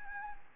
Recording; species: mosquito wingbeat signal from an infrared sensor; Anopheles gambiae